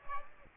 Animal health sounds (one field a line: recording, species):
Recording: mosquito wingbeat signal from an infrared sensor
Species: Aedes aegypti